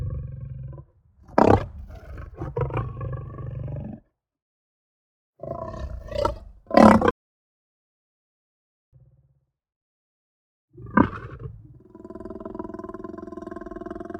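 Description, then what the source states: Lion breathing in low rasps and snarling bursts, separated by quiet gaps, ending in a steady rumbling growl. Calm breathing then a snarl.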